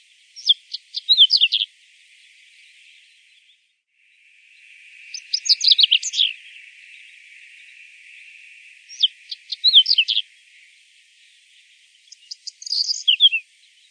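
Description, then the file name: Common reed bunting song: four short jingly phrases of quick high notes, a few seconds apart, partly over a faint hiss. "Zigolo di palude"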